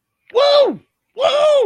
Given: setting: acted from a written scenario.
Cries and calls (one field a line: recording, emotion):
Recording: vocal sound without words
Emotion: triumph